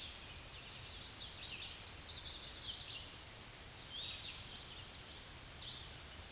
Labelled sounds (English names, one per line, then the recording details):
Chestnut-sided Warbler song
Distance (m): 30 m
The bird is about 15 m above the microphone
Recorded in a Pennsylvania forest on 16 May 2024 at 07:32
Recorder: AudioMoth, point MSD-0814
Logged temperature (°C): 15.8 °C
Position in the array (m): 135 m, 125 m